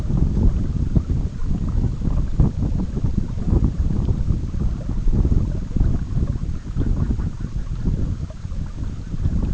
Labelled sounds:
unidentified sound
Red-throated Loon
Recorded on Arctic tundra, site EABA-MC, on 19 June 2019
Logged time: 02:00

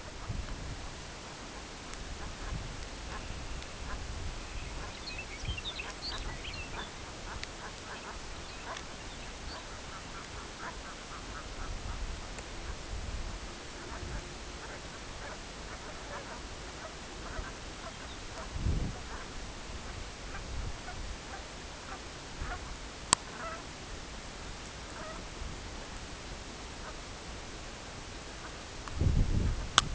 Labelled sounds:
unidentified sound
Lapland Longspur
Pectoral Sandpiper
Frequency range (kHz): Lapland Longspur 1.8-6.5 kHz
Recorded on Arctic tundra, site CORI-1, on 16 June 2018
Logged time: 14:00

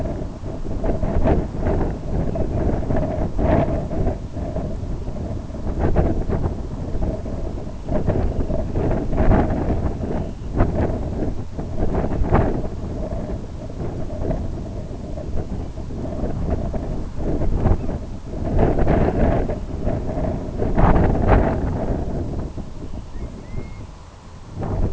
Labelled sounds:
unidentified sound
Dunlin
Grey Plover
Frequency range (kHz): Dunlin 1.9-4.0 kHz; Grey Plover 1.3-2.6 kHz
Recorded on Arctic tundra, site IGLO-B, on 27 June 2018
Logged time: 03:59

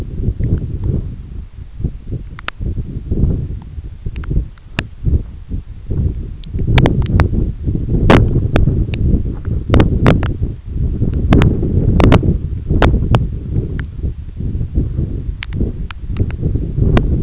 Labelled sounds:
none
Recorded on Arctic tundra, site EABA-1, on 21 June 2018
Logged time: 16:00

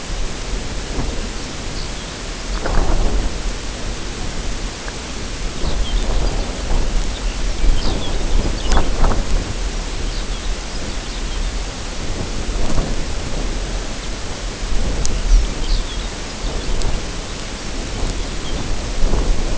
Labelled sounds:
Lapland Longspur
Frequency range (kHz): Lapland Longspur 2.5-6.4 kHz
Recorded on Arctic tundra, site UTQI-0, on 14 June 2019
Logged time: 16:00

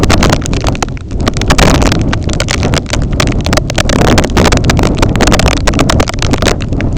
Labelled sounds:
none
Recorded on Arctic tundra, site IGLO-A, on 20 June 2018
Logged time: 21:59

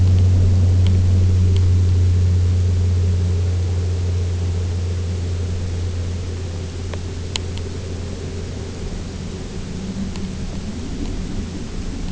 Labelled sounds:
none
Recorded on Arctic tundra, site UTQI-0, on 22 June 2018
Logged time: 18:00

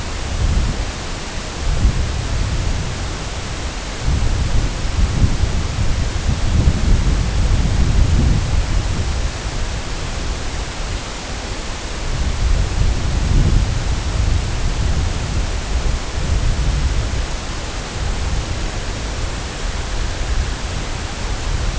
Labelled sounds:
none
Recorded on Arctic tundra, site CORI-1, on 18 June 2018
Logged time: 04:00

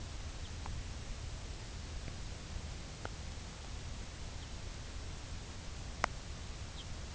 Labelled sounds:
Lapland Longspur
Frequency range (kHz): Lapland Longspur 2.2-4.6 kHz
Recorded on Arctic tundra, site UTQI-2, on 15 June 2019
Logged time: 22:00

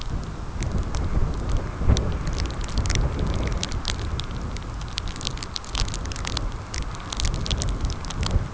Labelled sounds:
none
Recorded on Arctic tundra, site CORI-1, on 15 June 2018
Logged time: 12:00

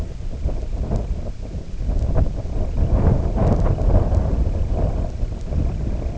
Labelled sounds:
Semipalmated Sandpiper
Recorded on Arctic tundra, site IGLO-D, on 18 June 2018
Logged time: 04:00

